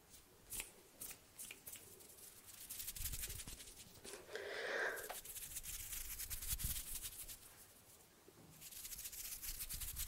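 Hand sounds: sharp, separate snaps and clicks in the first few seconds, then a dense, rapid fluttering rustle that swells around the middle with a brief ringing tone near five seconds. Scattered clicks follow, and quick fluttering returns toward the end.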